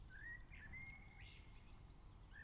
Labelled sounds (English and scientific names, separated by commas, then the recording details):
Common Blackbird (Turdus merula)
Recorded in Germany
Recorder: ecoPi